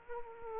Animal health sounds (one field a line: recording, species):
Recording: mosquito wingbeat signal from an infrared sensor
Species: Aedes aegypti